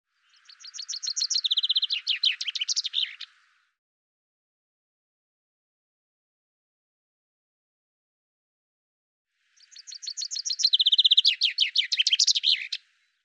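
Common chaffinch singing two full songs several seconds apart, each a quick series of bright notes closing with a loud, twisting final flourish; silence between.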